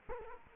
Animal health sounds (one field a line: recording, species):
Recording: mosquito wingbeat signal from an infrared sensor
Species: Culex quinquefasciatus